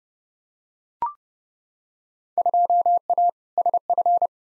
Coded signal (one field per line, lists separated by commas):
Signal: Morse code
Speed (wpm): 29 wpm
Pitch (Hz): 700 Hz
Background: none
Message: 2A SF